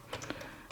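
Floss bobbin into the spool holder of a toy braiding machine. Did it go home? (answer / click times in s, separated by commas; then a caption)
yes / 0.3 s. A floss bobbin is pushed into its spot in the plastic spool holder of a toy braiding machine; at first it won't stay, then it snaps in. Short plastic knocks are heard, with the sharp click at 0.3 s as the bobbin seats, and the clip contains no talk.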